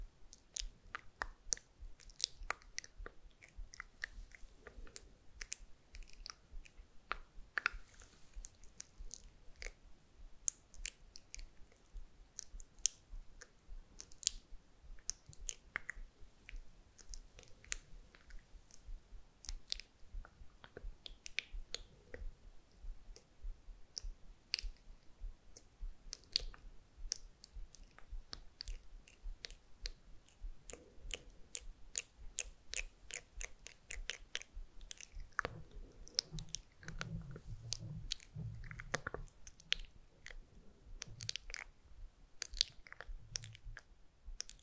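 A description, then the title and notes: Wet mouth sounds: sharp clicks and smacks pop in a steady, uneven stream across the whole clip, growing denser after about 30 seconds. Around 35 to 40 seconds a soft, low rustling joins in, like hands moving. MOUTH SOUNDS and KISS SOUNDS + HAND MOVEMENTS ASMR.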